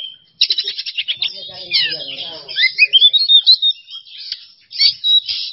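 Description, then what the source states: Oriental magpie-robin song mixing harsh scratchy bursts with a run of rising whistles and rapid chattering notes, with short pauses between phrases. Masteran training recording for songbirds; kacer song style named bongkar isian emosi.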